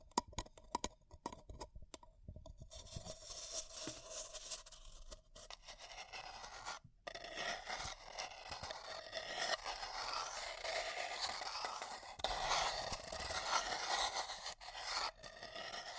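Paper cup tingles: sharp taps and crinkles for the first seconds, then dense, steady scratching and rubbing with a brief pause near seven seconds.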